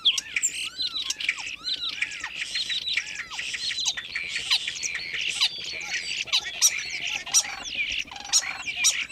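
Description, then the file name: Common starling song, continuous wheezy chatter with downslurred whistles, rattles and squeaks running the whole time. "kuldnokk"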